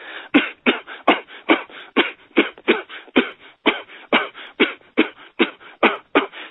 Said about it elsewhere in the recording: My immune system was so obliterated, and I was on so many other different medications that I had developed a chronic cough nonstop 24/7 that sounded like this. Do that for 18 months straight and see what your ribs feel like and how exhausted you are when you can't breathe, you can't sleep.